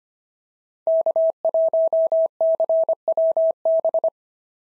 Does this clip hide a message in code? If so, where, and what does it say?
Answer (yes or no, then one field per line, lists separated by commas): yes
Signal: Morse code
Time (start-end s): 0.9-4.1 s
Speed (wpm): 25 wpm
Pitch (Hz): 650 Hz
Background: none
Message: K1CWB